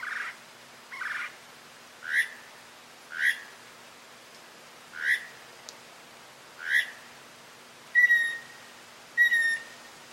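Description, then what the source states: Mockingbird song: soft burry notes repeated at irregular intervals, shifting to sharper ringing whistles near the end. Male.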